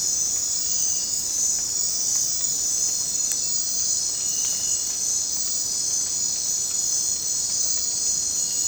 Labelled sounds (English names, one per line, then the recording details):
none
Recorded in dense forest near Puerto Asís, Putumayo, Colombia, on 22 December 2024 at 22:00
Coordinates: 0.466, -76.327
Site G075